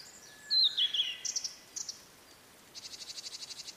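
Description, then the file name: Blue-and-white flycatcher song, a descending slurred whistle followed by short buzzy notes, ending in a fast even string of pulsed ticks. "oruri"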